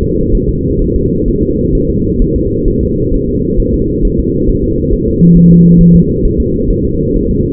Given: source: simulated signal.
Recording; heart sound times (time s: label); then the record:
fetal heart sounds
0.02 s: S2
0.35 s: S1
0.50 s: S2
0.82 s: S1
0.96 s: S2
1.28 s: S1
1.43 s: S2
1.75 s: S1
1.90 s: S2
2.22 s: S1
2.36 s: S2
2.68 s: S1
2.83 s: S2
3.14 s: S1
3.29 s: S2
3.60 s: S1
3.74 s: S2
4.05 s: S1
4.20 s: S2
4.49 s: S1
4.64 s: S2
4.94 s: S1
5.08 s: S2
5.37 s: S1
5.52 s: S2
5.81 s: S1
5.96 s: S2
6.25 s: S1
6.40 s: S2
6.70 s: S1
6.85 s: S2
7.17 s: S1
7.31 s: S2
From the record:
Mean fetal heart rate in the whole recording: 130 bpm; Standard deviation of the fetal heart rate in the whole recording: 4 bpm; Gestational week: 38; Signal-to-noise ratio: -14.7 dB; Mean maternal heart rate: 72 bpm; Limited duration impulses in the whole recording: present